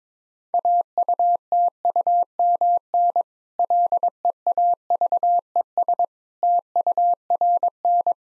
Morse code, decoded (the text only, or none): AUTUMN LEAVES TURN